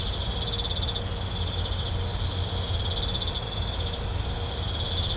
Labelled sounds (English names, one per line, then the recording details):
none
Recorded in pastures near Puerto Asís, Putumayo, Colombia, on 21 December 2024 at 22:30
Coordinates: 0.502, -76.324
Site G077